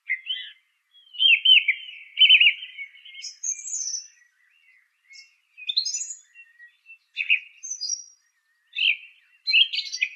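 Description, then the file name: Song thrush song: a series of varied notes, whistled and trilled, in quick phrases with short pauses. "suara kicauan burung song thrush. omkicau"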